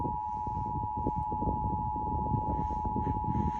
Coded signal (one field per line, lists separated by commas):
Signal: Emergency Alert System (SAME) tones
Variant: 853 and 960 Hz attention tone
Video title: Remnants of Kay (EAS Alerts from 9/9/22-9/13/22) (EAS #428-461) (Monsoon EAS #197-231)